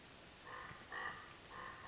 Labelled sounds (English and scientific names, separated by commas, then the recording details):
Common Raven (Corvus corax)
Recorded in Sonoma County, California